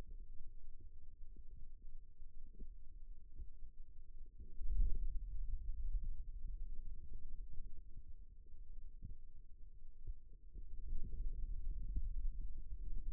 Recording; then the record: forearm muscle sounds (acoustic myography)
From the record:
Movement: radial deviation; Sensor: system 2, bracelet of six BSWA MPA416 microphones around the upper forearm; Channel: 2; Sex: male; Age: 22 years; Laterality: right